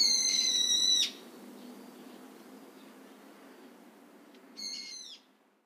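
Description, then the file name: Brown-eared bulbul with one loud, drawn-out rasping screech at the start, then a softer, shorter screech near the end. "hiyo"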